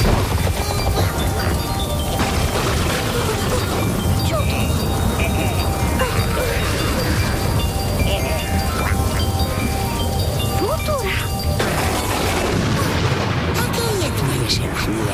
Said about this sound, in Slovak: Želáte si, milí moji, letnú búrku?